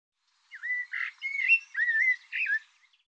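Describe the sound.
Bird song made of looping slurred whistles strung into a steady warbling phrase of about two seconds.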